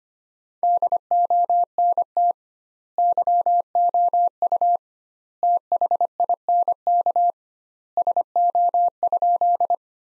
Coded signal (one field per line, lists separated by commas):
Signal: Morse code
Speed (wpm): 25 wpm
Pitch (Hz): 700 Hz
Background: none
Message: DONT YOU THINK SO?